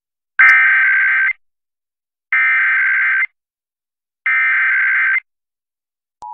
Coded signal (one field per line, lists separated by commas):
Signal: Emergency Alert System (SAME) tones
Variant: header bursts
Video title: EAS Required Monthly Test Illinois Statewide Test +WeatherSTAR4000 (WTMX-FM Chicago)